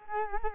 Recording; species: mosquito wingbeat signal from an infrared sensor; Culex quinquefasciatus